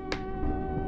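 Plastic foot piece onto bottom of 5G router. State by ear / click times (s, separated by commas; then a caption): seated / 0.1 s. A plastic foot piece is lined up with the bottom of a 5G router and pushed on. A single sharp click at 0.1 s shows it has seated, over a steady background hum.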